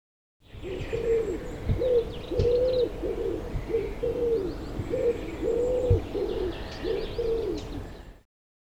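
Common wood pigeon cooing: a series of soft, low, hollow coo notes.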